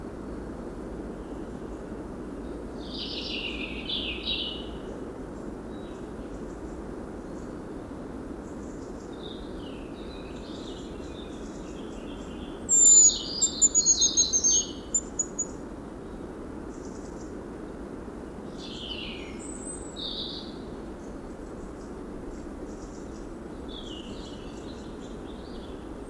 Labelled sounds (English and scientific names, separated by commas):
Hazel Grouse (Tetrastes bonasia) call